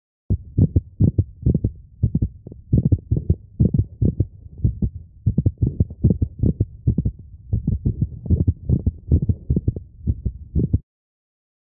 A mid-systolic click recorded from a dog with mitral valve prolapse. This dog also has a sinus arrhythmia.